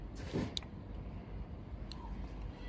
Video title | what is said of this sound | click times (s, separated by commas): 变频空调外机电脑板更换【杜哥修空调】 | Haha, when you feel it is in place, it will click and it will be OK. | 0.6 s